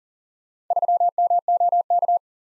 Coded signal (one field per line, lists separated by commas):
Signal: Morse code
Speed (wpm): 39 wpm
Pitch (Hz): 700 Hz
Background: none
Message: 3MOK